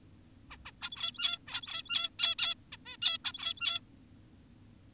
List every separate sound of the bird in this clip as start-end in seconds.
0.51-0.57, 0.66-0.72, 0.82-1.39, 1.47-2.10, 2.19-2.35, 2.39-2.54, 2.72-2.77, 2.86-2.97, 3.02-3.18, 3.25-3.80